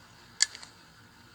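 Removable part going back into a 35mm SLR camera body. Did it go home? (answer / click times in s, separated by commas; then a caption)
yes / 0.4 s. On a second try, a removable part is pressed fully down and rotated back into a 35mm SLR camera body. A sharp click at 0.4 s is followed by two fainter ticks at about 0.6 s, and the part is confirmed seated.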